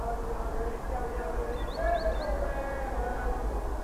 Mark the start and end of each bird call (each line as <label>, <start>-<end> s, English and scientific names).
Green Sandpiper (Tringa ochropus), 1.52-2.25 s